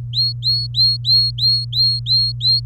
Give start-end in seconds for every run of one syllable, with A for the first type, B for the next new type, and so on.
0.13-2.60 A